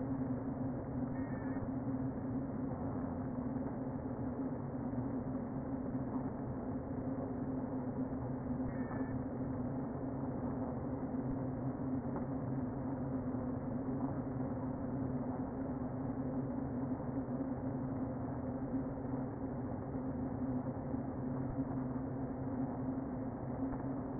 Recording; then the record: honeybee colony, microphone inside the hive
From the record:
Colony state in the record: queen present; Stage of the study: before two queens were removed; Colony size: about 60,000 bees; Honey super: yes